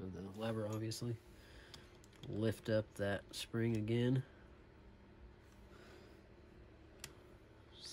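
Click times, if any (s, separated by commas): 7.0 s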